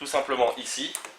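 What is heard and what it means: Someone talks while the reinforced water hose supplied with a Würth core drill, fitted with a propeller flow indicator and a non-return valve, is handled at the drill's water inlet to be clipped on. The hose coupling has not seated or clicked into the inlet yet.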